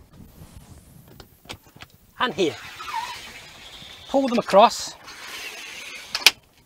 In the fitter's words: and lock into place